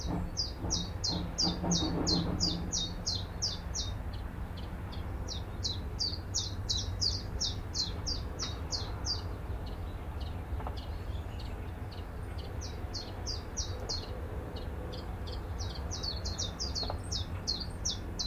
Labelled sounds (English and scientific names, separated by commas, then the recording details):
Willow Warbler (Phylloscopus trochilus)
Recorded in captivity
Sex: male
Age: adult
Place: Volierenanlage, Zoologisches Institut Universität Tübingen, Baden-Württemberg, DE
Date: 1966-06-16
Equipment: Nagra III PH, MD 421, LGS26
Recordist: Schneider, Hans-Joachim
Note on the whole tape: Voliere IV. Phylloscopus trochilus trochilus "sylvestris". Nur wenige Gesänge, gegen Bandende Warnrufe. MaAs: M.Sch